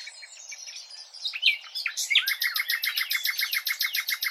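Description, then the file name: Common nightingale song: soft scratchy notes and a few sharp slurs, then a steady fast series of loud repeated broad notes. "Luscinia megarhynchos"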